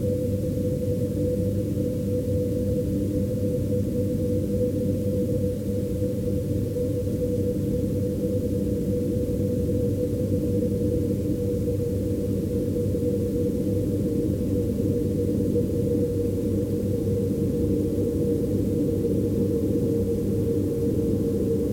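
A dehumidifier runs as a steady, filtered drone, its low hum thick and dense while everything above the middle is muffled away. A faint tone sits on top and never wavers. Nothing changes across the whole stretch; the sound holds constant from start to finish.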